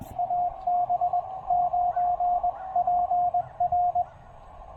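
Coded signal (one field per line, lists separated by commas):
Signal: Morse code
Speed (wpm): 20 wpm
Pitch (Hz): 700 Hz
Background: radio noise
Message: AB9PR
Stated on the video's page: CW park activation on 20 meters using a TEN-TEC R4020 QRP transceiver and a PackTenna 20M end-fed half-wave antenna.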